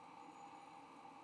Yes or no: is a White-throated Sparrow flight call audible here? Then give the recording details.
no. No flight call is heard. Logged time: 22:32 on 15 November 2014